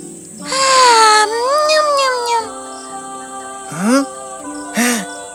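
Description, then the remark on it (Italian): A tiny baby girl cries: a loud, long wavering wail, then after a pause two shorter rising-and-falling cries, each a bit softer. No one talks over it. “Dentro c'era una bambina minuscola.”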